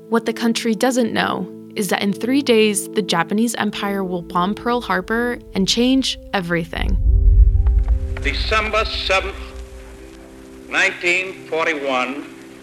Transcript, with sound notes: What the country doesn't know is that in three days, the Japanese Empire will bomb Pearl Harbor and change everything. [sound of distant bomb detonating]
December 7th, 1941.